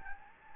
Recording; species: mosquito wingbeat signal from an infrared sensor; Anopheles gambiae